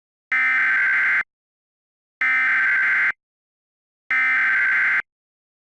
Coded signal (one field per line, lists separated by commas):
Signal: Emergency Alert System (SAME) tones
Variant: header bursts